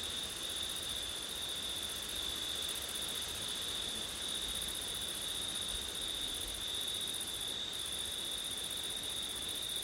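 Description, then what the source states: Cricket chorus trilling steadily at high pitch, its upper layer briefly fading once, over a broader, more noticeable rushing hiss. Crickets on a September night, with wind; ortif (ORTF) microphone setup.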